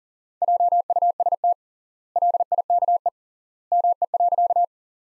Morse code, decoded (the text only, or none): JUST LIKE ME.